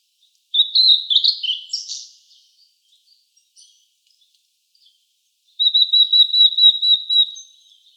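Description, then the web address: Blue-and-white flycatcher singing two phrases separated by a pause of a few seconds: first a varied warbled whistle, then a fast, even series of repeated high notes. Recorded 6 May 2014. "birdenaga ooruri S 140506"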